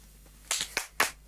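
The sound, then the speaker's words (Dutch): A brief scattering of sharp hand claps, four or five bright bursts in an uneven rhythm, as if two people clapping out of step, with no voices; a two-person applause for a band. “Nogmaals, een tweemans applaus.”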